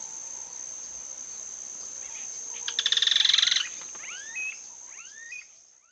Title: LuckyPassaro Completos2Sama. Yellow-chinned Spinetail (Certhiaxis cinnamomeus)